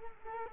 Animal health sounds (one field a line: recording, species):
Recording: mosquito wingbeat signal from an infrared sensor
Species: Culex quinquefasciatus